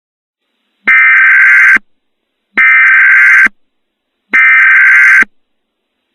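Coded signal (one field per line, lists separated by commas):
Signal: Emergency Alert System (SAME) tones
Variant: header bursts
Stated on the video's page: Valid EAS tones in a fictional volcano scenario.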